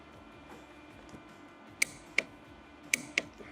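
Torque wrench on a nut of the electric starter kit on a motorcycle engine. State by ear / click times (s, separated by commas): torque reached / 1.8 s, 2.2 s, 2.9 s, 3.2 s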